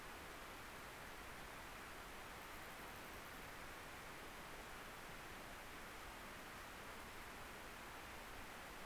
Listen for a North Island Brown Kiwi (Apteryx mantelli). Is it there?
no